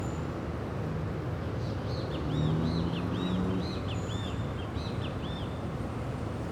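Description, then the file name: Great Kiskadee giving a string of shrill, arched notes in quick succession over a constant heavy rumble of road traffic. Civic square near Rush Street, early evening, with traffic noise. "Praca civica perto da rua rush inicio da noite com um bem te vi, alguem se mexe perto"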